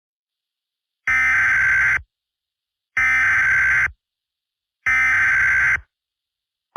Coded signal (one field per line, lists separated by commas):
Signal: Emergency Alert System (SAME) tones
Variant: header bursts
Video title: EAS SCENARIO: Snowmen Invasion